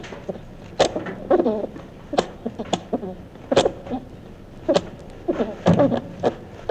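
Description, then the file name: Edible dormouse giving rapid chattering squeaks in uneven bursts throughout, over a low steady hiss. Wild animal in Europe. "Siebenschlaefer Geraeusche Wildtiere in Europa"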